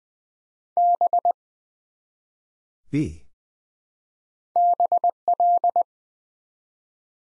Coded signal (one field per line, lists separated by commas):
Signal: Morse code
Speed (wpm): 20 wpm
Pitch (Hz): 700 Hz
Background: none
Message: B BL